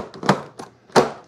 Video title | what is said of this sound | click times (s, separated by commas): Bissell Little Green ProHeat vs HOOVER Clean Slate Carpet Spot Cleaner Comparison FH14050 vs 1400B | it'll kind of snap in place | 1.0 s